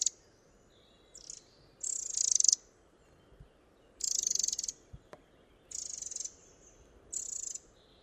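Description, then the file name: Eurasian wren producing a series of dry, churring rattles at irregular intervals, roughly one every two seconds, some short and some longer, with faint high whistles behind. "Troglodytes troglodytes"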